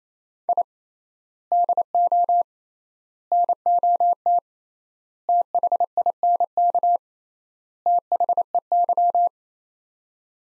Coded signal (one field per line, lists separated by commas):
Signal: Morse code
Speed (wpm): 28 wpm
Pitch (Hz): 700 Hz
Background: none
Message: I DO NOT THINK THEY